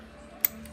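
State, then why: Seated. A trigger lock is engaged on the trigger assembly of a Phoenix6 PCP airgun. A sharp click lands at 0.5 s, followed by a fainter tick at 0.7 s over a low steady hum. The lock clicks into the locked position, so the trigger cannot be pulled.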